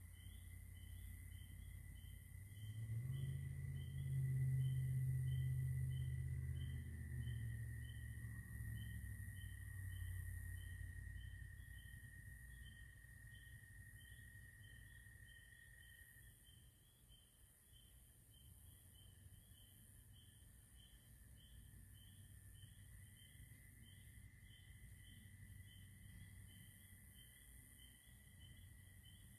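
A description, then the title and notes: Late spring night outdoors, with a steady, dense chirping of insects that trills high and continuously throughout. A low rumble swells early, strongest around three to six seconds, then fades. A thin, bright tone holds steady until about sixteen seconds, dropping out briefly before returning. Late Night in Spring. Recorded after Lights Out at Spring Camporee.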